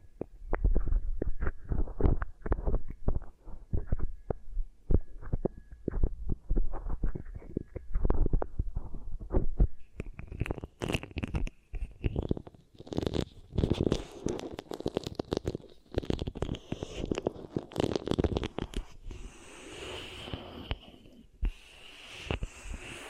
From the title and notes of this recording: ASMR Really Nice Beeswax Ear Triggers for SLEEP (No Talking).